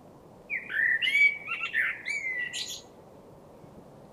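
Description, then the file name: Common blackbird giving one long warbled phrase of rich, fluty notes that wander up and down, ending in a brief high twitter. "Turdus merula"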